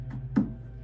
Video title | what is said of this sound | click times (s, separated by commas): How to Assemble an Electric Pressure Washer 4500 PSI – Step-by-Step Guide | and that just snaps actually just snaps and clicks into place | 0.4 s